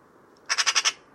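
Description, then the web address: Bird giving five harsh, rasping notes in a quick even series, each a short broad squawk, over faint steady background hiss. "Deverinetal 2025 File origin Bird Only"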